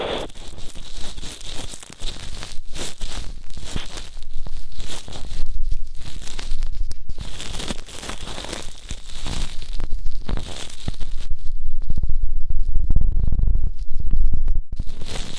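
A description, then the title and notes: Ear cleaning crackles and scratches in dense, uneven bursts throughout, with crinkly tearing textures and a louder, rumbling stretch after eleven seconds. ASMR Intense Electrifying Ear Cleaning (No Talking).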